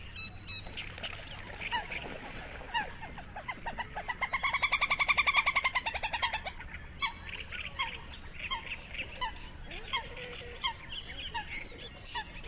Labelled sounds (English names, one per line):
Little Grebe call